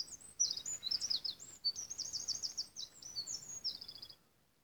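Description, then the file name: Eurasian wren singing a fast, shrill run of buzzy trills and high twittering notes, ending abruptly, over faint background hiss. "Troglodytes troglodytes"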